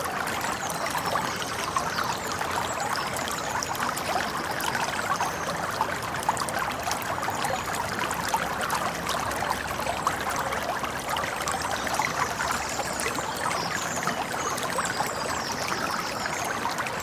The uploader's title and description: Babbling Brooks and Forest Birds. The gentle running water sounds of a babbling brook add depth and tranquility to this twilight soundscape